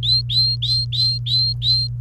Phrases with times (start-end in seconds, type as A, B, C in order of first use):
0.03-1.87 A